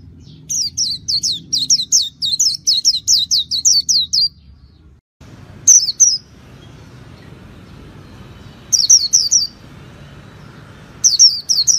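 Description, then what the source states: White-eye song opens with a long fast run of about a dozen high downslurred notes, followed by shorter twittering bursts after a pause. Song style called 'líu' in Vietnamese.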